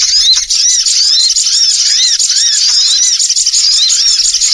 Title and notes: Suara Burung Bandel Yang Susah Mendekati. Suara Pikat Burung